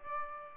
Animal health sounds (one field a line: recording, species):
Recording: mosquito wingbeat signal from an infrared sensor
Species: Aedes aegypti